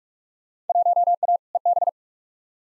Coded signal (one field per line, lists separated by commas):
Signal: Morse code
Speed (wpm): 45 wpm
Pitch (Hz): 700 Hz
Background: none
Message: 1A EB